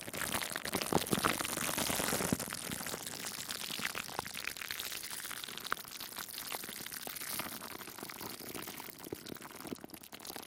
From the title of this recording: Plastic Wrap Triggers Crinkles, Shaving Cream, Mic Brushing, Scratching